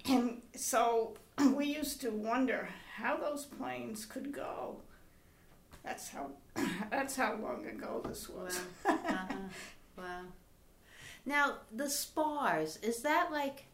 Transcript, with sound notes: And so we used to wonder how those planes could go. That's how — that's how long ago this was. [Laughs]
Wow. Uh-huh. Wow. Now, the SPARS, is that like